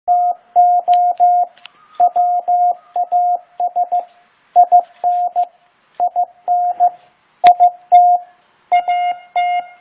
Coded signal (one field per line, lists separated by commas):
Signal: Morse code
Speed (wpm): 15 wpm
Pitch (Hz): 710 Hz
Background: radio noise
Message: TO WAS IN IN IT AT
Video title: 15 wpm Morse Code and Discussion